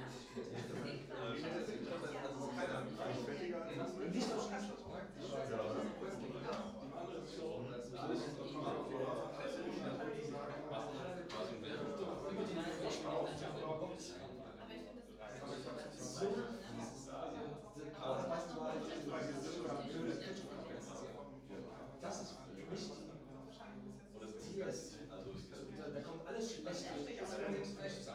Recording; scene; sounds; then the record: everyday scene through a hearing-aid microphone; many people talking; many voices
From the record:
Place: bistro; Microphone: in the ear canal, right